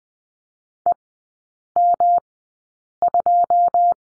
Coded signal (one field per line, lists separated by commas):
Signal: Morse code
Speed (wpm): 20 wpm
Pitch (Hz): 700 Hz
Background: none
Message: EM2